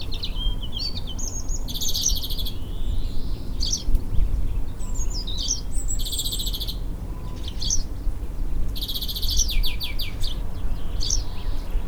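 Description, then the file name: European greenfinch calls: short chirps and trills broken by three long harsh buzzy notes, over steady low background noise. "Chloris chloris"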